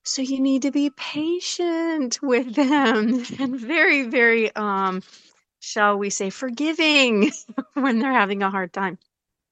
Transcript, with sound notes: so you need to be patient with them. (laughs) And very, very, um, shall we say, forgiving (laughs) when they're having a hard time.